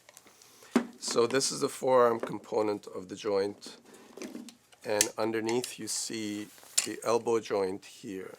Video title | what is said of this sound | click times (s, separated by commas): How to Setup Jaeco Rancho MultiLink Mobile Arm Support? | four slots and that can lock in place | 0.8 s